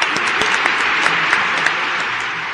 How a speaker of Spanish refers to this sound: Así que nuestro aplauso de Mundo Bullicio a la gente que hace TN. Por mantenerlos informados.